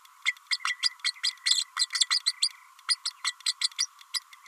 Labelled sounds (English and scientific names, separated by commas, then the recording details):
Green-rumped Parrotlet (Forpus passerinus) babbling
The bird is a female
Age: 30 days
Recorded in a nest box in Venezuela
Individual 17B32A5